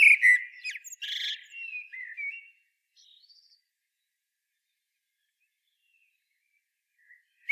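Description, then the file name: Common blackbird giving one mellow, fluty phrase with a sharp, squeaky flourish at the start, followed by near silence. "Turdus merula"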